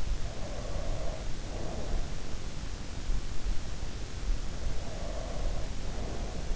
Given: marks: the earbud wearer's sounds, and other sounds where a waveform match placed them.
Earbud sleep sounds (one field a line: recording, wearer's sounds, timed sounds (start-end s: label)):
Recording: sounds in sleep by an in-ear microphone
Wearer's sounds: breath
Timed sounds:
0.19-2.34 s: breath
4.72-6.56 s: breath